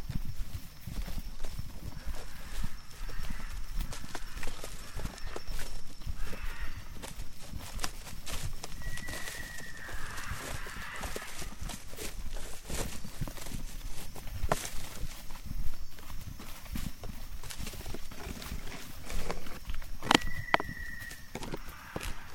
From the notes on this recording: Hike in Tambopata Reserve rainforest, Peru